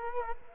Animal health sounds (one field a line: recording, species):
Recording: mosquito wingbeat signal from an infrared sensor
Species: Culex quinquefasciatus